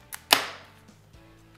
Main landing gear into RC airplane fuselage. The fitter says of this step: Slide until you hear a little click.